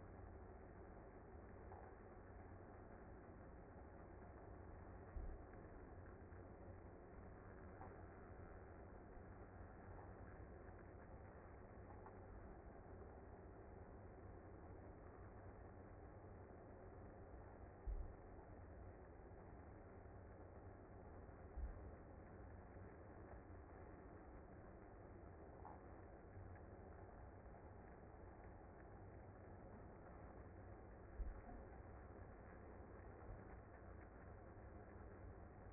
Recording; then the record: honeybee colony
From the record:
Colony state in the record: active